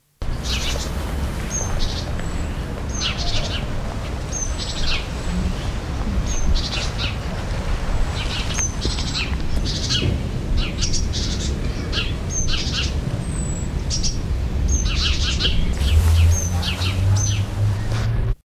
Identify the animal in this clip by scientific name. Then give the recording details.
Parus major. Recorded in the wild. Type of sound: alarm call. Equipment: Halbspur, 9,5 cm/s. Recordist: Lütgens, Hans. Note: Kohlmeise warnt vor Elster